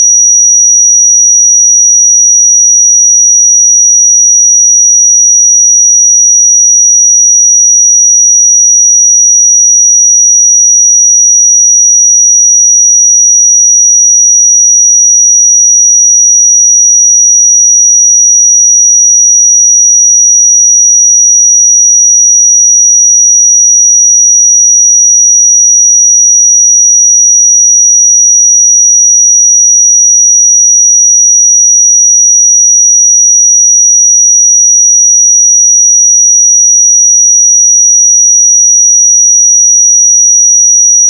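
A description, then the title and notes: A pure sine tone at 5794 Hz holds perfectly steady for the full forty-one seconds. The pitch is high and thin, a single unwavering whistle at constant loudness with no breaks, wobble or other sounds around it. 5794 Hz 1 Hz Interval Sine Pure Tone Frequency 441000 Sample Mono.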